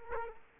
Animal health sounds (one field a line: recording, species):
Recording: mosquito wingbeat signal from an infrared sensor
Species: Aedes aegypti